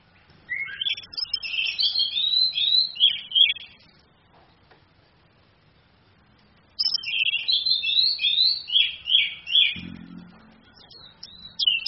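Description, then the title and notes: Orange-headed thrush song: two long bursts of rapid, varied whistled and warbling notes separated by a silent gap, with a brief low thump near the end. Female; training (masteran) song for other birds, charged using a phone screen. "ANIS KEMBANG BETINA CAS DENGAN LAYAR HP. Masteran Anis Kembang"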